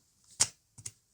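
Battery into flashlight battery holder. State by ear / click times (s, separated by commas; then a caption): seated / 0.4 s. Batteries are placed into the battery holder of a North Pacific multi-function flashlight with the plus pole facing up and pressed into their slots. A short click-like knock at 0.4 s marks them seating, followed by a softer double knock around 0.8–0.9 s. The batteries are seated in the compartment.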